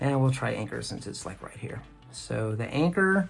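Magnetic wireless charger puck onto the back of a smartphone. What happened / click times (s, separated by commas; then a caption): Handled, not yet home: charger puck not yet attached / none. Someone talks while an Anker magnetic wireless charging puck for an iPhone 12 is handled and brought toward the back of the phone. The clip ends before the puck snaps on, so nothing has seated or clicked yet.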